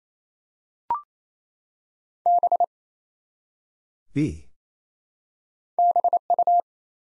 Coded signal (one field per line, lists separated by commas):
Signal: Morse code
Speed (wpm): 29 wpm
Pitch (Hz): 700 Hz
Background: none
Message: B BU